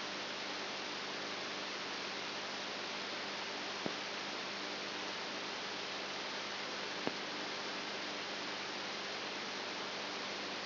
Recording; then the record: brain microelectrode recording played as sound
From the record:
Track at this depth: outside the subthalamic nucleus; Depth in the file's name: 13 mm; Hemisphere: right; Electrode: 2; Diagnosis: Parkinson's disease